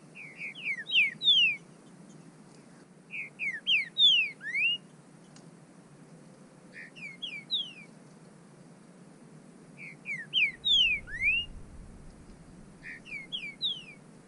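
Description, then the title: Bird repeating short phrases of bright slurred whistles, five bursts spaced a few seconds apart, each of a few sliding notes. "burung"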